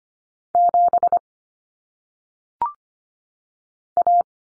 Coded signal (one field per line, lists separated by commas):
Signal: Morse code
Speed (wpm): 25 wpm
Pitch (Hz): 700 Hz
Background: none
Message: 7 A